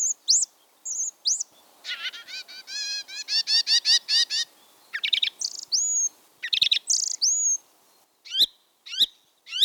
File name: bioakusztika enekesrigo